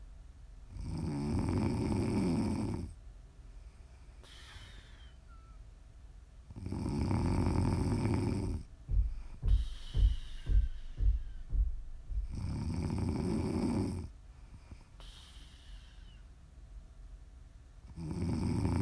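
Loud, low-pitched snoring from an adult sleeper. A snore comes roughly every five to six seconds, with quiet breathing in between, and there is a brief run of short snorting pulses after one snore. This is ASMR snoring, meant for listening to sleep, relax or wind down.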